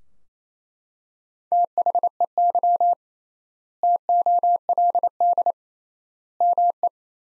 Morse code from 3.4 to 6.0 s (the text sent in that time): TOLD